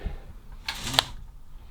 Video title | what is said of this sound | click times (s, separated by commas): How to Operate Window Blinds - Raise Lower Open Close - Beginners guide | to lock it into place | 1.0 s